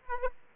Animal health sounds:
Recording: mosquito wingbeat signal from an infrared sensor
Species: Aedes aegypti

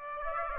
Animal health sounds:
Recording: mosquito wingbeat signal from an infrared sensor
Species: Aedes aegypti

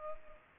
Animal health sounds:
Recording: mosquito wingbeat signal from an infrared sensor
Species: Culex pipiens

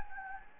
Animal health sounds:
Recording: mosquito wingbeat signal from an infrared sensor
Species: Anopheles gambiae

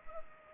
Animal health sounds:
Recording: mosquito wingbeat signal from an infrared sensor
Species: Culex pipiens

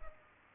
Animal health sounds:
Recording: mosquito wingbeat signal from an infrared sensor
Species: Culex pipiens

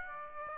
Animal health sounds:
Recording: mosquito wingbeat signal from an infrared sensor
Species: Aedes aegypti

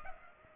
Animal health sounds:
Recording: mosquito wingbeat signal from an infrared sensor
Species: Culex pipiens

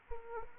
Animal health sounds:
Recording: mosquito wingbeat signal from an infrared sensor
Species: Anopheles arabiensis

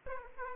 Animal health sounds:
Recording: mosquito wingbeat signal from an infrared sensor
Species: Aedes aegypti

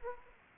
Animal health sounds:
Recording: mosquito wingbeat signal from an infrared sensor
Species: Anopheles gambiae

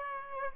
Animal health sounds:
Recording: mosquito wingbeat signal from an infrared sensor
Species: Aedes aegypti

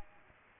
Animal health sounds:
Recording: mosquito wingbeat signal from an infrared sensor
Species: Aedes aegypti

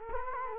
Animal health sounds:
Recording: mosquito wingbeat signal from an infrared sensor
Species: Culex quinquefasciatus

